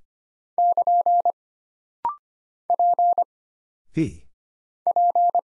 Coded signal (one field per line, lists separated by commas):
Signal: Morse code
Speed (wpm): 25 wpm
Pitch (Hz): 700 Hz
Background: none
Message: <KN> P P